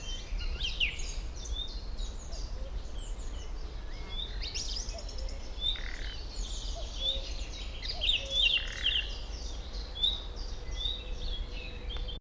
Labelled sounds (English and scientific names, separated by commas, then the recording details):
Common Nightingale (Luscinia megarhynchos) alarm call
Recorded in the wild
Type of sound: alarm call
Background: Phylloscopus collybita; Turdus philomelos
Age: adult
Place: Schildow, NSG, Kalktuffgelände am Tegeler Fließ (NSG Schildow), Berlin, DE
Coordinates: 52.642, 13.37
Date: 1992-06-21
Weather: sonnig, 19-26 °C
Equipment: Marantz CP 430, Sennheiser ME 80, Kopie Tesla B 116
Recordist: Tembrock, Günter
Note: Nachtigall "Warnen" im Hintergrund Singdrossel